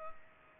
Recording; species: mosquito wingbeat signal from an infrared sensor; Culex pipiens